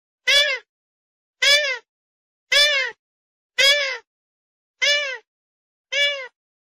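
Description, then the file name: Grey-headed swamphen giving six loud nasal, bleating calls at an even rhythm of about one per second. "Tieng trich co"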